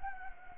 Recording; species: mosquito wingbeat signal from an infrared sensor; Anopheles gambiae